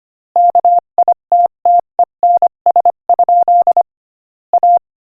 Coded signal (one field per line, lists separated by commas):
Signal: Morse code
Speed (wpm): 24 wpm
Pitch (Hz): 700 Hz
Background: none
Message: KITTENS? A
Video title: Morse Code Practice: 25 wpm Joke #20